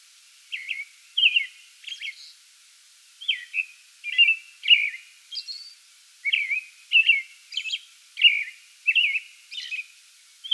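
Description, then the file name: American robin song, mellow whistled phrases repeated in irregular clusters with faint high notes between them, background otherwise quiet. Song bout recorded 8 May 2022. "2022-05-08 American Robin song bout"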